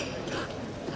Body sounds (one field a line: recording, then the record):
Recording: coughing mixed with background sound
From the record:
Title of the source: 60 coughing still (deep and wet cough)